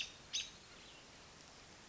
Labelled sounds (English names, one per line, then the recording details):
American Robin
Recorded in Sonoma County, California